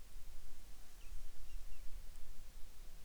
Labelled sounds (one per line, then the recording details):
near silence
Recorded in the Arctic National Wildlife Refuge, Alaska, on 10 July 2019 at 18:42
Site 44